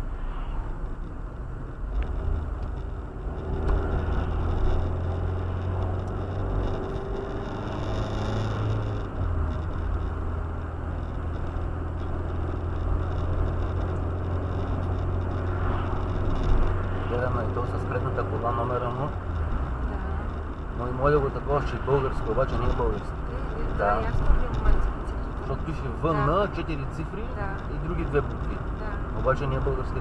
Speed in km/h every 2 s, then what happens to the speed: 46, 45, 45, 59, 65, 67, 68, 68, 73, 74, 72, 71, 71, 70, 71.
3-16 speeds up to 73. 16-30 steady at about 71.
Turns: none.